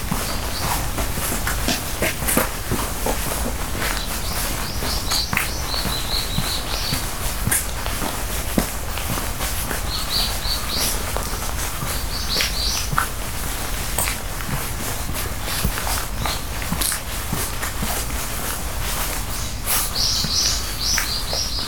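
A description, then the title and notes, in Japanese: A rainy-morning walk with a camera: steady rain hiss fills the whole 22 seconds, peppered with dense, irregular drip taps and footstep-like thuds. Short, high bird chirps break through now and then, near 3, 6, 12 and 20 seconds. 雨の朝にカメラ散歩。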